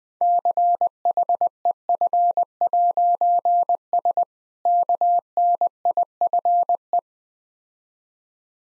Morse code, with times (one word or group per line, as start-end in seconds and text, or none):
0.2-4.2 CHEF'S
4.7-7.0 KNIFE